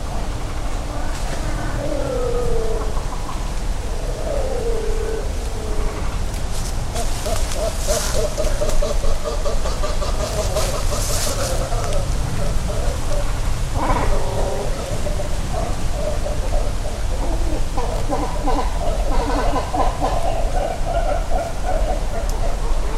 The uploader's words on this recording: Great Cormorants Nesting. Great cormorant colony beginning to nest in Hayashi, Ritto City, Shiga Prefecture, Japan. Recorded with EM172 stereo mics attached to a tree about 30cm in diameter, Sony ECM-M10 recorder. Post-processing with Audacity on a Fedora Linux workstation included only trimming and normalizing, with no EQ, filters, or other effects.